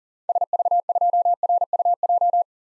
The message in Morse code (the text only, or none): SV2RUJ